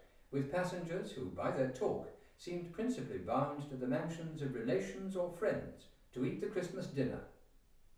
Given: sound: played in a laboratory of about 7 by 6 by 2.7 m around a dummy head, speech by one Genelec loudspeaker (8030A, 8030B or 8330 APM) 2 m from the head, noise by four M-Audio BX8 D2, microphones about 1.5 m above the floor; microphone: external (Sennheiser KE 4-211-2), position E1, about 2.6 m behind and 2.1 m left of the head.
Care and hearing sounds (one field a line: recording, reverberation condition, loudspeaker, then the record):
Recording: male speech in English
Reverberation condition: medium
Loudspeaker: 90 degrees to the right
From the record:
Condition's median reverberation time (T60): about 510 ms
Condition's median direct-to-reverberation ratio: about -0.5 dB